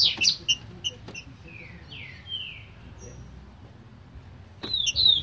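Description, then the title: Green-winged saltator whistling a few short notes, then long, smooth downslurred whistles, ending with a bright, rapid phrase. Singing trinca-ferro from a breeder; song type named "Voz 07" (voice 07). "Canto De Trinca Ferro Voz 07. TRINCA FERRO CANTADOR"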